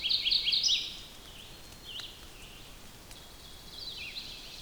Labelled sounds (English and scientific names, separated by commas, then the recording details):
Red-eyed Vireo (Vireo olivaceus) song
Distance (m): 60 m
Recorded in boreal forest in Alberta, Canada, on 5 June 2016 at 06:39
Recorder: SongMeter 3, array SBT-3-51
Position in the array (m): 181 m, 99 m